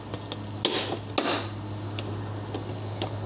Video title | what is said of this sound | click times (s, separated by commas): CUSTOM MADE CARBON FIBER SIDE GRILLS! - BMW G80 M3 | and it'll snap into place | 0.6 s, 1.2 s